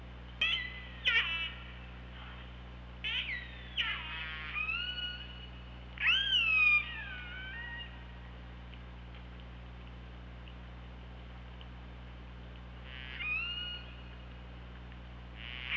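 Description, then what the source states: Killer whale calls in bursts: brief buzzy pulses, then louder harmonic calls that rise and fall, a long quiet gap, and another call near the end. OrcaLab hydrophone, 24 August 2017, 15:21.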